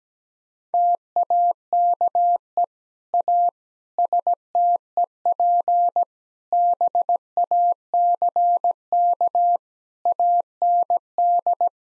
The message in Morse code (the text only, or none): TAKE A STEP BACK AND